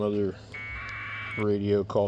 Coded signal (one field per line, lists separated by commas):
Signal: packet radio (AX.25, as in APRS)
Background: speech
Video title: Got the correct software for the tariff ham radios 📻 😋 🙌 👌 aprs time!